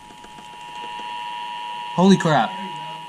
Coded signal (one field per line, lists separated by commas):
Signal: Emergency Alert System (SAME) tones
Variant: 853 and 960 Hz attention tone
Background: speech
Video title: TESTING FRENZY | EAS Tests From 6/16/20 to 6/17/20 | EAS #77-80